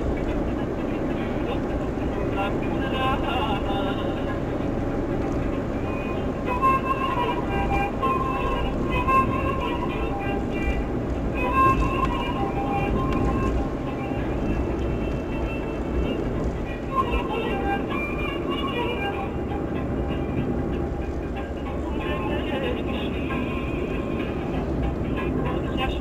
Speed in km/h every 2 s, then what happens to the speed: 82, 83, 83, 83, 78, 78, 77, 74, 71, 67, 67, 66, 64.
0-6 steady at about 83. 6-26 slows to 64.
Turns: none.